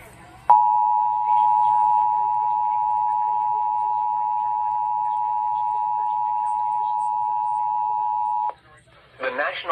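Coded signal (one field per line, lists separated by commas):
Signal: Emergency Alert System (SAME) tones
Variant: 853 and 960 Hz attention tone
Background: speech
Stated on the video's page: Severe weather EAS alerts.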